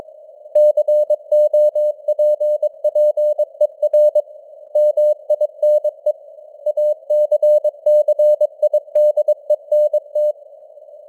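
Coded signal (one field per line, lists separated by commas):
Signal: Morse code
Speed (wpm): 22 wpm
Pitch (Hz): 600 Hz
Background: none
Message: COPPER MINE ACCIDENT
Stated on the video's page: News headlines in Morse at 22 wpm, with simulated radio noise and varying signal strength (QSB).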